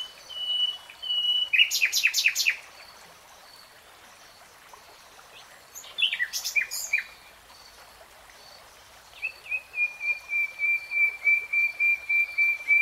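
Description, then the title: Nightingale song in separate phrases: a whistle leading into buzzy rattles, a second rattle, then a long run of rapid repeated notes. From a 3-hour real-time recording. "[Tiếng chim hót] 3 Hours REALTIME Nightingale Singing"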